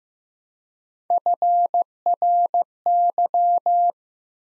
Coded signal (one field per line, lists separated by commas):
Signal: Morse code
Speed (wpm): 15 wpm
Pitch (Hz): 700 Hz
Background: none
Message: FRY